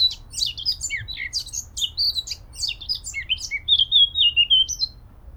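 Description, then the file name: Eurasian blackcap song: dense, chattering high notes at the start give way to a cleaner sequence of fluty whistles stepping down in pitch. "Sylvia atricapilla"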